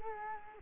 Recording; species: mosquito wingbeat signal from an infrared sensor; Culex quinquefasciatus